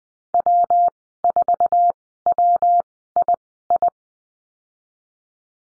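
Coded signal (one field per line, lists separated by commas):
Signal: Morse code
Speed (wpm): 20 wpm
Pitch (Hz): 700 Hz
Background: none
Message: W4WII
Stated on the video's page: Morse code course lesson on call signs, Farnsworth speed 20/10 wpm.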